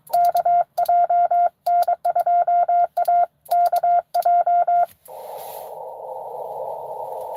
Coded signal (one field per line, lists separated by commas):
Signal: Morse code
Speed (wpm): 23 wpm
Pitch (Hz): 700 Hz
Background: radio noise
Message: KJ N2AKJ